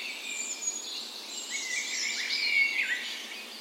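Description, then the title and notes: Birds of a dawn chorus, thin high whistles and twittering phrases overlapping in a continuous blend. Spring dawn chorus on the morning of 17 May, Norway's National Day, in a park west in Bergen, Norway; recorded with a Sony PCM A10 and LOM Micro Usi microphones as tree ears. "17th Of May Dawn Chorus. Recorded on the morning of Norways National Day the 17th of May in a park west in Bergen. Spring is in full effect, and the dawn chorus sounds wonderful!"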